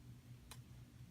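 A new SIM card, cutout at the bottom left, is slid under the metal retaining plate of the cellular module's SIM holder in a Simon XT alarm panel's Alarm.com cell unit. A low, steady hum runs throughout, with one brief, sharp tick around 0.5 seconds. The card has not seated or locked into place yet.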